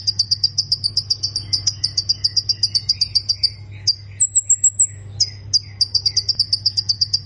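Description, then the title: Plain prinia singing a long, fast run of sharp, high chips. A brief, thin, higher trill interrupts the run midway. A low hum sounds throughout. "Ciblek Sawah"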